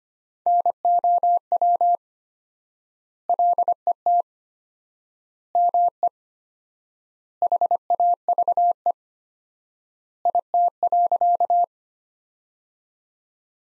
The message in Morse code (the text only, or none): NOW LET ME HAVE IT.